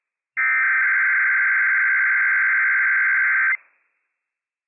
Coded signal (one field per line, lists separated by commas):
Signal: Emergency Alert System (SAME) tones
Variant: header bursts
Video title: Inland Northwest Required Weekly Test - WWF56 - EAS #278 - 8:50 AM PDT 10/6/22